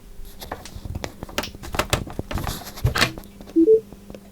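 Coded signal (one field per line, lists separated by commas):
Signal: beep code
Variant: Bose SoundDock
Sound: clattering and clicks, then two short low beeps, the second slightly higher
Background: handling noise, clicks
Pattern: 2 short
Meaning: Two beeps mean both speaker channels are working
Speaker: when it powers up it gives two beeps and there's one beep from each speaker there's about a four second or so delay between putting the power up on it and the beeps arriving so here we go I'm going to try this now yeah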